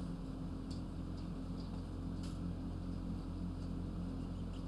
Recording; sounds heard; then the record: poultry house recording; healthy chickens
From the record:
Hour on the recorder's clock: 23